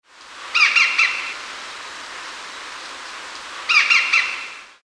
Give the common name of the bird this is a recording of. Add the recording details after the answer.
Grey-headed Woodpecker. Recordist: Tembrock, Günter. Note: kurze Rufreihe